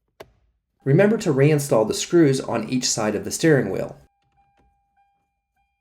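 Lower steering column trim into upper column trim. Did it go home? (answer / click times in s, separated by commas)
yes / 0.2 s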